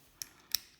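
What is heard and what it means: A coin cell battery is pushed back into the battery holder in the plastic housing of a Kia key fob (Sportage, Ceed, Sorento, Rio, Optima). Two short, bright plastic clicks sound at 0.2 s and 0.6 s, the second louder. The battery pops in and is seated.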